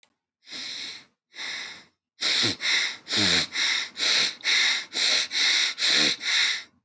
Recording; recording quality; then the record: shallow breathing; excellent, no background noise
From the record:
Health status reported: healthy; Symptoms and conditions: asthma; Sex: male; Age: 22 years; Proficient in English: yes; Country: India